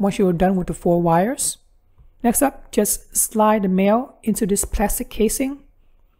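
Someone talks while handling a crimped male Dupont pin on a wire, about to slide it into its plastic connector housing, with one faint, short hit heard. Nothing has seated or clicked into the housing yet.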